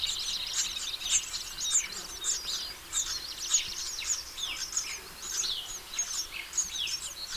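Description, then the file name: House sparrow chatter: many quick bright chirps overlapping, steady and busy throughout. "Passer domesticus"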